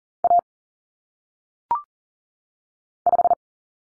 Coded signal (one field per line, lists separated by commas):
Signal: Morse code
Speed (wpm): 39 wpm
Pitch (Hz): 700 Hz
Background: none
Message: A 5